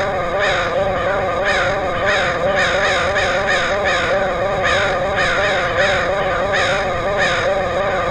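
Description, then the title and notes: Crow caws, frequent, several in quick succession, set against a loud steady wavering drone. Crows recorded in Portland, Oregon, in August 2003. "Crows of Portland. Crows recorded by Dan Bodah in Portland, OR, August 2003"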